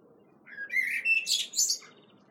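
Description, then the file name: Common blackbird with a brief song phrase: a couple of mellow whistled notes rising into a squeaky, chattering high flourish, all within about a second and a half. "Turdus merula"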